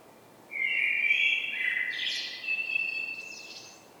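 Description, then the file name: Common blackbird singing one rich fluty phrase that drops slightly, then finishes in thin high twittering notes. "Turdus merula"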